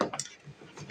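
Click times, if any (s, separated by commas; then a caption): none. A plastic lid is pressed onto a food storage container to close it for an airtight seal, with short bursts of plastic handling and rattling at the start and end of the clip. The lid has not yet snapped shut and nothing has seated or clicked.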